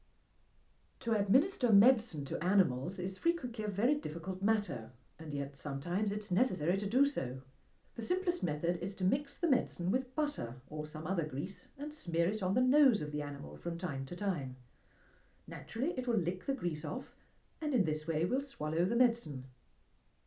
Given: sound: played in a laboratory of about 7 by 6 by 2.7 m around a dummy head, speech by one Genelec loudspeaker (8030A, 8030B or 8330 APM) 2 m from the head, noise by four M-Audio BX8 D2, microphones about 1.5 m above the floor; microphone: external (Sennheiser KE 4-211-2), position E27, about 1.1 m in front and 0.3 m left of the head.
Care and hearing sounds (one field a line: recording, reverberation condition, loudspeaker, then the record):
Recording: female speech in English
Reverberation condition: low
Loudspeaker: 60 degrees to the left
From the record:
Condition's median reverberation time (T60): about 310 ms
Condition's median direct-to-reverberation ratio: about 3.5 dB